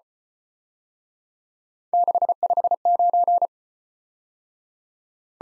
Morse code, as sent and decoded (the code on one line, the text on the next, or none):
-.... ..... ----.
659